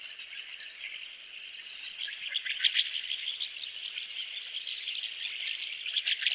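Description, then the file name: Rosy starling song, a harsh buzzing chatter mixed with high squeaks that grows louder after two seconds and keeps going. "jalak mawar"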